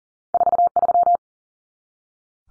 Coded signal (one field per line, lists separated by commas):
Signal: Morse code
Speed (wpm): 40 wpm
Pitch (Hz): 700 Hz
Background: none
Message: 43